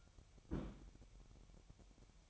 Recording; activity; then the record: daily activity, microphone in the room; place on stove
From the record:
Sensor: 1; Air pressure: 1012.1 hPa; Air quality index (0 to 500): 224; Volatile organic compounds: 5 ppm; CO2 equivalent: 1793 ppm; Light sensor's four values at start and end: 73/171/74/78 and 73/171/73/78